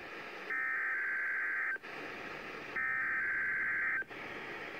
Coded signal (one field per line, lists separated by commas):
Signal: Emergency Alert System (SAME) tones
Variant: header bursts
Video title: EAS #318: Required Weekly Test